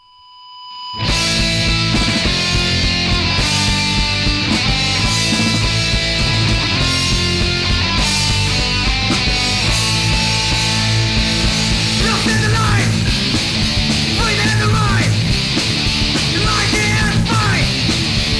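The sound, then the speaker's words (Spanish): A punk concert crowd in Wuhan, China, cheerfully shouts in unison that the Communist Party can get fucked, over loud, distorted live music. The roar starts abruptly after a moment of quiet and stays dense and steady to the end. “Por eso, mientras el público grita alegre que le jodan al Partido Comunista, los currelas de la sala siguen despachando sin apenas inmutarse.”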